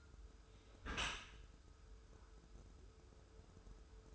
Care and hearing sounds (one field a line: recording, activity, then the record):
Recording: daily activity, microphone in the room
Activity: close dishwasher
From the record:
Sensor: 2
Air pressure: 1014.8 hPa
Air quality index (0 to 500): 25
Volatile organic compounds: 0 ppm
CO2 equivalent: 504 ppm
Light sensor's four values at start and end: 10/23/9/10 and 10/23/9/10